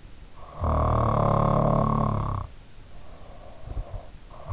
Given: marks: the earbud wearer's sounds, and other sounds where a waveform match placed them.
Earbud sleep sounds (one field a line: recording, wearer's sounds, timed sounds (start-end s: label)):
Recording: sounds in sleep by an in-ear microphone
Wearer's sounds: snoring breath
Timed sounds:
0.45-4.05 s: snoring breath